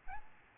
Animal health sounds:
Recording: mosquito wingbeat signal from an infrared sensor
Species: Aedes albopictus

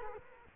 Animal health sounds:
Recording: mosquito wingbeat signal from an infrared sensor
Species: Culex quinquefasciatus

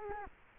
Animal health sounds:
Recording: mosquito wingbeat signal from an infrared sensor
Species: Culex quinquefasciatus

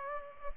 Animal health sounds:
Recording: mosquito wingbeat signal from an infrared sensor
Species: Culex pipiens

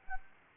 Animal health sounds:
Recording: mosquito wingbeat signal from an infrared sensor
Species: Anopheles arabiensis

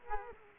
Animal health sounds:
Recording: mosquito wingbeat signal from an infrared sensor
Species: Culex quinquefasciatus

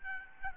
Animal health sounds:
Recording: mosquito wingbeat signal from an infrared sensor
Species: Aedes albopictus

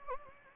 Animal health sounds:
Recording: mosquito wingbeat signal from an infrared sensor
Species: Anopheles gambiae

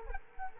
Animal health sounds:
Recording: mosquito wingbeat signal from an infrared sensor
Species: Culex quinquefasciatus

